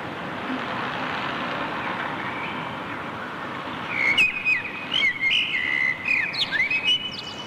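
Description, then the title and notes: Common blackbird sings in the second half, a run of whistled and high, scratchy twittering notes, against steady background noise. Backyard in Berlin, June 2003; recorded as a reply to a blackbird recording from Bonn's old town. "Amsel im Hinterhof, Berlin, Juni 2003. sent by maik johannsen"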